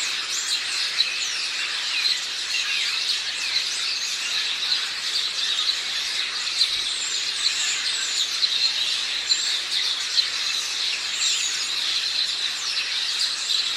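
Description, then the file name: House sparrow calls fill a steady, dense chorus of many overlapping bright chirps, with a few sharper notes standing out. "Passer domesticus"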